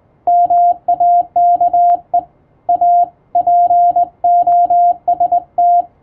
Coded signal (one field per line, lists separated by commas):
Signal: Morse code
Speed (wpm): 21 wpm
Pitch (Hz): 700 Hz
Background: none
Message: MAKE A POST